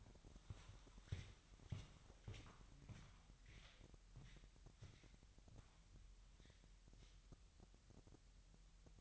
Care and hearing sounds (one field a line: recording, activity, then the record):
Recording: daily activity, microphone in the room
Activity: walk to room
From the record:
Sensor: 3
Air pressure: 1001.9 hPa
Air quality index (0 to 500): 247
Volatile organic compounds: 49 ppm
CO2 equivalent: 3282 ppm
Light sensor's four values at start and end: 8/18/7/8 and 10/23/9/9